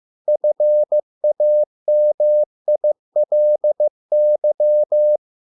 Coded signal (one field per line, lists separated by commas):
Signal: Morse code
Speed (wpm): 15 wpm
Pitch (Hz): 600 Hz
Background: none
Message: FAMILY